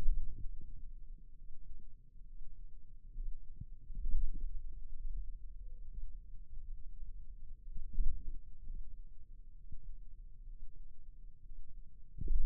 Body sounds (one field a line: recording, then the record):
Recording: forearm muscle sounds (acoustic myography)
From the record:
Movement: radial deviation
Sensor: system 2, bracelet of six BSWA MPA416 microphones around the upper forearm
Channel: 6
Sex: male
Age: 22 years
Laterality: right